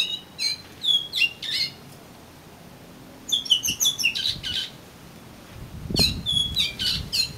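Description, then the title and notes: Oriental magpie-robin song: bursts of fast varied chirps and whistles separated by short silences, with low knocking sounds near the end. "suara kacer. kumpulan suara burung kacer"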